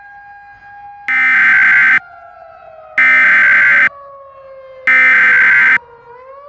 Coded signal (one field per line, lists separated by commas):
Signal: Emergency Alert System (SAME) tones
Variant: header bursts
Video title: EAS Scenario - Blood Moon (VALID TONES)